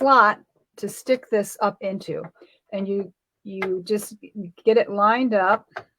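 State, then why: Not seated. A plastic attachment is lined up with a slot on a creative icon 2 sewing and embroidery machine while someone talks throughout. The part has not seated or clicked into the slot yet by the end of the clip.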